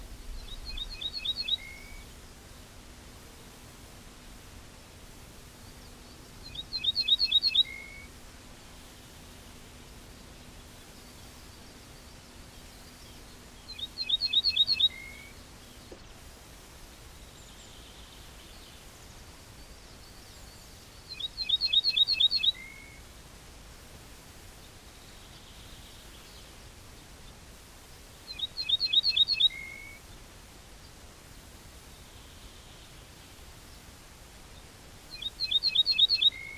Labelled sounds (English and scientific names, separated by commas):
Ortolan Bunting (Emberiza hortulana) song